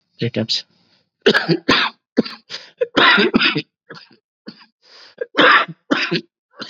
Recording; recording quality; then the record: heavy voluntary cough; moderate, slight background noise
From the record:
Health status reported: COVID-19 positive, mild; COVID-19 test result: positive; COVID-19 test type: rapid antigen test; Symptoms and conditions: cough, fever, another condition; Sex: male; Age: 30 years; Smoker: no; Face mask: worn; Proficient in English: yes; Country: India